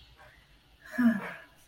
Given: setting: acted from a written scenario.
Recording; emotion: vocal sound without words; serenity